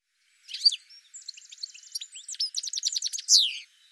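Bird singing a fast, nonstop warble: a buzzy trill, stacked chattering notes and a final loud sweeping note.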